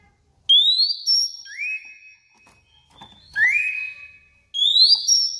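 Oriental magpie-robin giving loud, sweet whistled notes rising then held level, in a few phrases separated by pauses.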